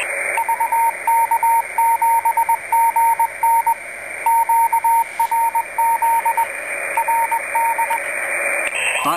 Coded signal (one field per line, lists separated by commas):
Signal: Morse code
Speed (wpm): 20 wpm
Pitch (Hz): 920 Hz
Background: speech, radio noise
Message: VK7GN QRZ RD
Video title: Homebrew software defined radio - a demonstration